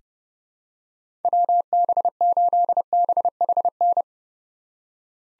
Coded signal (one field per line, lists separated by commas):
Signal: Morse code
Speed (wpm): 31 wpm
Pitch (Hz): 700 Hz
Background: none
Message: WB8BHN